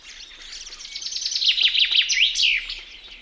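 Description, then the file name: Common chaffinch song: a bright, quickening series of high notes that falls in pitch and ends in a short flourish, over faint background noise. "metsvint"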